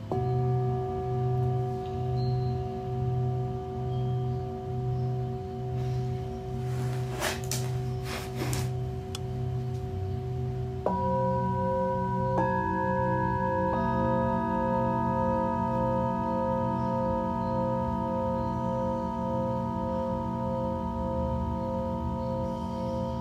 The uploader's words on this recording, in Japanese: シンギングボウルのサウンドヒーリング。チベタンシンギングボウル。